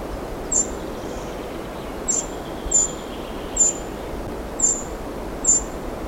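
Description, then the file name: Eurasian wren calling with six brief, high, clipped ticks at uneven intervals, set against a low, constant hiss of background noise. "Troglodytes troglodytes"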